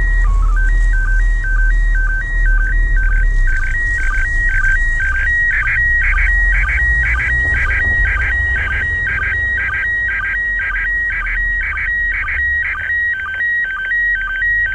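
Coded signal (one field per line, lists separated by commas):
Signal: SSTV (slow-scan television)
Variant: PD120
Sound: warbling tone switching between two pitches with short low chirps about twice a second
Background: low rumble, background noise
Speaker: there's the lunar exploration.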